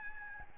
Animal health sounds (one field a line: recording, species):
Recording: mosquito wingbeat signal from an infrared sensor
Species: Aedes albopictus